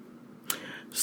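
A single sharp, brief click-like gulp from an adult woman in a quiet room, typical of a hiccup.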